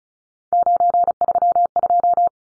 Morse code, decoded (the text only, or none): 932